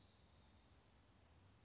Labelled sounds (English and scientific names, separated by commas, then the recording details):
California Towhee (Melozone crissalis)
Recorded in Sonoma County, California